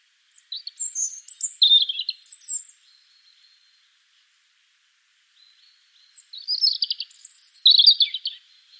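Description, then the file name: European robin: two bright, high-pitched song phrases of squeaky notes and quick trills, each lasting over two seconds, with a pause of about three and a half seconds between. "Erithacus rubecula"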